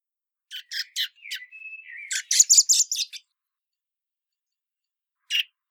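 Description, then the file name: Common blackbird calling: a run of high, clicky chattering bursts, a thin drawn-out whistle in between, then a louder clattering series and one last note after a pause. "Turdus merula"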